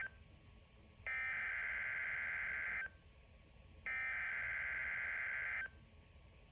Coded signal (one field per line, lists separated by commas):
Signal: Emergency Alert System (SAME) tones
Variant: header bursts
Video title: (EAS) Severe Thunderstorm Watch #570 Slight Risk Day Jul 30 2024 Middle TN!!!